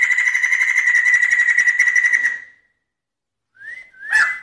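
Bird song: a sustained rapid trill holds one pitch for over two seconds and fades, then after a pause come two quick rising whistled notes.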